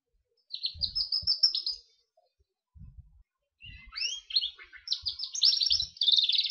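Gloster canary delivering a lively song of high trills and quick rising notes, broken by a brief silence before a louder, more varied second phrase.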